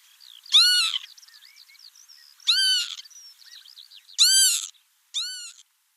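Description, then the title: Northern Lapwing calls: four wheezy, arched, harmonic-rich notes at irregular intervals, with soft twittering from other small birds between them. "Sylvain Jaskowiak - Mes piafs. Vanneau huppé"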